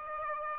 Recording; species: mosquito wingbeat signal from an infrared sensor; Aedes aegypti